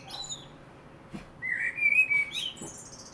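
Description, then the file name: Common blackbird singing a single mellow whistled phrase that wavers and rises, ending in thin high squeaks, after a brief faint twitter at the start. "Turdus merula"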